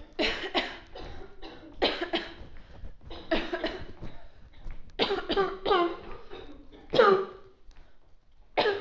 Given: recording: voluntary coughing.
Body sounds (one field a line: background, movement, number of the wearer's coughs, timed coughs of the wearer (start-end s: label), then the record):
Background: a bystander coughing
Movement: walking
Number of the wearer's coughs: 11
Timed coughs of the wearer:
0.17-0.53 s: cough
0.53-0.82 s: cough
1.79-2.11 s: cough
2.11-2.38 s: cough
3.29-3.61 s: cough
3.61-3.87 s: cough
4.98-5.28 s: cough
5.28-5.53 s: cough
5.64-6.02 s: cough
6.91-7.34 s: cough
8.55-8.80 s: cough
From the record:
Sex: female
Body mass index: 18.3 kg/m2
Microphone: on the chest, facing outward